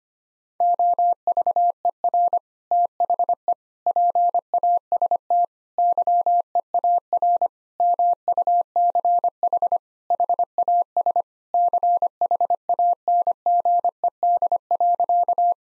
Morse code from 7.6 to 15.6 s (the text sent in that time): MUCH HAS CHANGED.